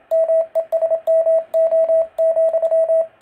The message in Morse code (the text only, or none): MESMO,